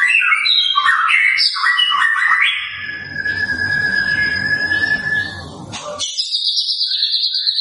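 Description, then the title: White-rumped shama song: loud, jumbled whistled phrases, a long steady whistle over a rough rustling noise, then a high buzzy trill. Lure sound of a vigorously singing bird, used to make other white-rumped shamas sing and respond. "PANCINGAN MURAI BATU GACOR"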